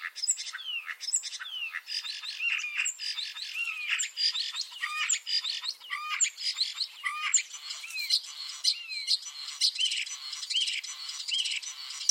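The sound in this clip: Common starling chattering song: a continuous rapid jumble of clicks, rattles and short rising and falling whistles, running without pause for the whole stretch.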